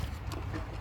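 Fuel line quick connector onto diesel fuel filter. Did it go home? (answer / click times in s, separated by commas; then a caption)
yes / 0.3 s. A fuel line quick-connect fitting is pushed onto the diesel fuel filter port of a 2020 Range Rover until it locks. A short, sharp click is heard at 0.3 seconds over a steady low background rumble, and the connector is seated.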